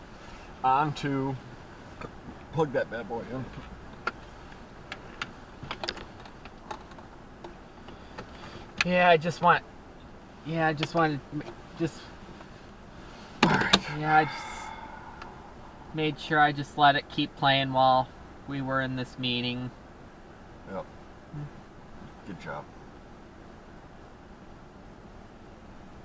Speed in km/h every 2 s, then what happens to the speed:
0, 0, 0, 0, 0, 0, 0, 0, 0, 0, 0, 0, 0.
0-26 standing.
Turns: none.